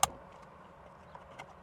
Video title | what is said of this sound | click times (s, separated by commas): My Tacoma Gets A Carbon Fiber Steering Wheel - How To Install In Depth | so now we could go ahead and reinstall these clips up here here make sure it clicks in | 0.0 s